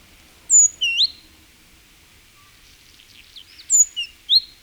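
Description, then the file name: Great tit calling: two bright, high whistled notes, a falling slur then a rising one, repeated after a pause with some soft chatter between. "Parus major"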